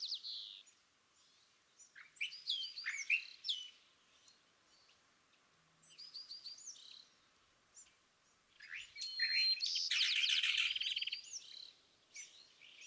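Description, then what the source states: California thrasher song of jumbled chirps and slurred notes in bursts separated by pauses, with a loud grating rapid phrase near the end. Dawn song excerpted from a longer session on day 1, repeating a theme of notes chosen that morning; March 9, 2017, Montaña de Oro State Park, Los Osos, California.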